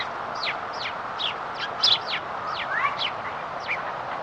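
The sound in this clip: Bird calling with many short, sharply descending chirps over a steady hiss of background noise.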